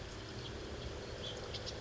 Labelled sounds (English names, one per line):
House Finch